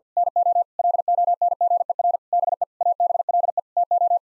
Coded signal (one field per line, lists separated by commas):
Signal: Morse code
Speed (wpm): 50 wpm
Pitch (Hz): 700 Hz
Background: none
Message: NO LONGER BE ABLE TO